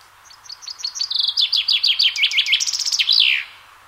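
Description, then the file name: Common chaffinch song: a quick run of bright notes speeding into a descending rattling trill, ending in a flourish, about three seconds long. "Fringilla coelebs"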